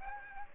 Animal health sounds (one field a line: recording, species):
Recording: mosquito wingbeat signal from an infrared sensor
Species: Aedes aegypti